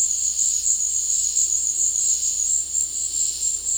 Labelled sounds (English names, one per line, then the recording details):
none
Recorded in dense forest near Puerto Asís, Putumayo, Colombia, on 19 February 2024 at 16:00
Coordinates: 0.485, -76.318
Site G6408